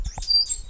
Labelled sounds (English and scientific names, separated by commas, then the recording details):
Stitchbird (Notiomystis cincta) song
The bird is a male
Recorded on Tiritiri Matangi Island, New Zealand, in 2005
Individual 8, of nest box 10